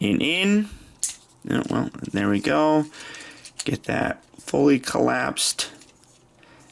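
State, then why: Seated. The plastic leg sections of a Transformers Earthrise Deluxe Class Wheeljack action figure are fully collapsed during transformation while someone talks. Two quiet clicks at 6.0 s and 6.4 s mark the legs locking into place.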